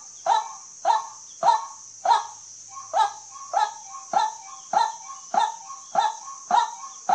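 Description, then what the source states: White-breasted waterhen repeating a short, rough, honking note roughly every 0.6 seconds, about twelve times, with a continuous high-pitched hiss in the background. Waterhen call used as a lure for hunting, with emphasis on shooting at night.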